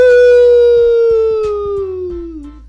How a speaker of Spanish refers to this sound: El lobo aúlla. ¡Aú!